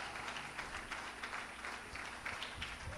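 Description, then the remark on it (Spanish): An audience applauds the Lord during a church service, a dense, steady patter of many hands clapping that holds at an even level for about three seconds with no voices on top. “Denle un aplauso al Señor y denle gloria, porque Cristo vive y reina para siempre.”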